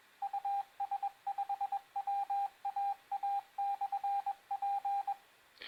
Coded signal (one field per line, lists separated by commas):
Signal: Morse code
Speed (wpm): 21 wpm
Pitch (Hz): 800 Hz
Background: radio noise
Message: US5WAA/P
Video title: Morse code by UR5GAW. Вивчення коду Морзе ефірним методом від UR5GAW. Урок 2